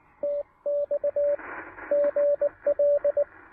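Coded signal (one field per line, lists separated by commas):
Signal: Morse code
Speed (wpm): 19 wpm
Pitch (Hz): 580 Hz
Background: radio noise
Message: TX GL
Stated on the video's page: QRP CW park activation on 20 and 40 meters.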